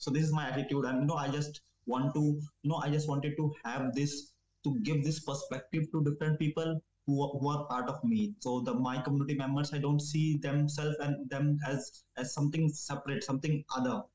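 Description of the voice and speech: An adult man from India speaks English in a steady mid-low voice with occasional repeated words and phrases ("who… who", "as… as"), stretched sounds and brief hesitant pauses, though much of the speech flows. These are mild stuttering disfluencies. He has stammered since about age 10, partly due to the toxic environment he grew up in, in a slum area.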